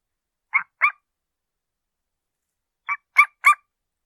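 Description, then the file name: Golden eagle calls: two quick yelping notes, a two-second pause, then three more sharp, ringing yelps in close succession. "Canto-da-Águia-Real"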